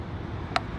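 A plastic fuel door latch actuator on a BMW is slid into its mounting hole in the body. Over a steady low background rumble, a single sharp, bright click sounds at 0.6 s as the actuator seats in place.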